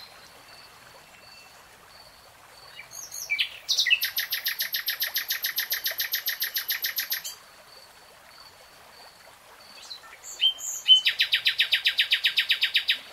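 Nightingale song: two long, rattling trills of rapid pulses, the first lasting several seconds, separated by a pause.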